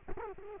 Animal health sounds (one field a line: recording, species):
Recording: mosquito wingbeat signal from an infrared sensor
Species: Culex quinquefasciatus